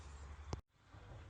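An old plastic kidney grille is pulled forward out of a car bumper while its retaining tabs behind the bumper are pushed down. A single sharp click at 0.5 s marks the grille popping free over steady background noise, which then drops to near silence briefly before returning. The grille is released from the bumper.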